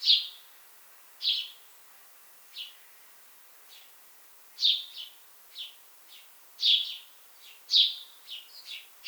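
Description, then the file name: House sparrow chirps: loud single cheeps at the start, then softer and louder notes in small clusters, irregularly spaced over a quiet background. "Passer domesticus"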